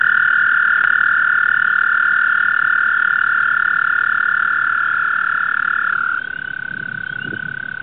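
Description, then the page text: American toad giving a long, even, high trill; near the end a second, slightly higher and quieter trill takes over. "звуки амфибий - Bufo americanus"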